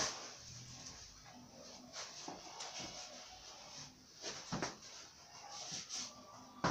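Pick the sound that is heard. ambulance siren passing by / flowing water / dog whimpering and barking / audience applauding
dog whimpering and barking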